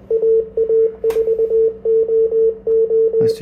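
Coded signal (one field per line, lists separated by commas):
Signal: Morse code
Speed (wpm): 19 wpm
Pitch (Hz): 450 Hz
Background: radio noise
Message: AA4OO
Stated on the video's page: Weak CW signal from an outboard transceiver with a 40 dB over S9 interferer nearby, heard through Yaesu FT-DX10 300 Hz versus 500 Hz crystal filters.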